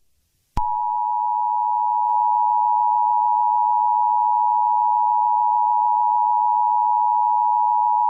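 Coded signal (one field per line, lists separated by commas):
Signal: Emergency Alert System (SAME) tones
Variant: 853 and 960 Hz attention tone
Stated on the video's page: Fictional EAS scenario with text-to-speech voice.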